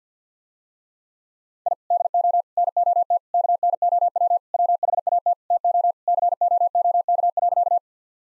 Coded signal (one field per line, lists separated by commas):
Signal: Morse code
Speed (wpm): 50 wpm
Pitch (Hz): 700 Hz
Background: none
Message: I DO NOT KNOW WHAT TO COOK.